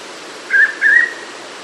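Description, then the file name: Hooded pitta call of two smooth whistled notes in quick succession, the second slightly longer, against a quiet hiss. "pitta sordida"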